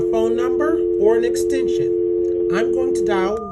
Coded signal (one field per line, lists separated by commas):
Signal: telephone call progress tone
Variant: North America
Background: speech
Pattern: dial tone